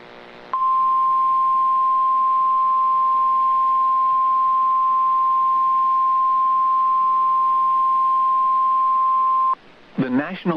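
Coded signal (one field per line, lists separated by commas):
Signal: Emergency Alert System (SAME) tones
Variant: 1050 Hz attention tone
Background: speech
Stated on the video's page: PDS tornado warning for Dane, Jefferson and Rock counties, Wisconsin, captured from a stream of a NOAA Weather Radio station in Rockford, Illinois.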